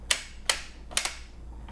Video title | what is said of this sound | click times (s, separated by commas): Adjustable Dumbbell Review: NÜOBELL 220 | that these things can be adjusted with just the flick of your wrist hear that click | 0.1 s, 0.5 s, 1.0 s